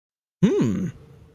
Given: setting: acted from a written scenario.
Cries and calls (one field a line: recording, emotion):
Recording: vocal sound without words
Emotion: interest